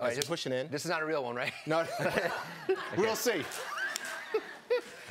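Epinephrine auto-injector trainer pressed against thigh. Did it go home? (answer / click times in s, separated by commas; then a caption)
yes / 4.0 s. A trainer epinephrine auto-injector is pushed against the thigh until its internal mechanism fires with a sharp click at 3.9 s. Someone talks throughout, with brief chuckling around it.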